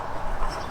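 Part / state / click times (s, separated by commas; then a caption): oil filler cap into engine oil filler neck / not seated / none. An oil filler cap is being put back into the engine oil filler neck of a classic Fiat 500/126, with a steady low rumbling handling noise and no distinct click. Nothing has seated or clicked yet, and the cap is not yet home.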